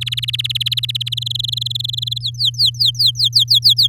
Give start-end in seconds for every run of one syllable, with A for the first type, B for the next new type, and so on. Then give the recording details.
0.01-1.09 A, 1.12-2.18 B, 2.20-3.88 C. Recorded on 8 May 2018 at 15:31. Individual llb16